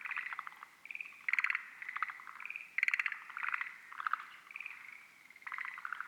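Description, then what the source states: Forest green tree frog calls, bursts of pulsed rattling notes, a few louder than the rest. Field recording from Miyagi, Japan.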